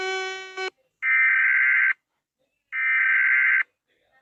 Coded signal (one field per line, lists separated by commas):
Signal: Emergency Alert System (SAME) tones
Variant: header bursts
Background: speech